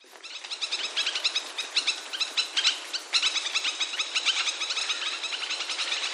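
Crested kingfisher giving a dense, rapid series of grating, chattering notes that keeps going with little pause throughout.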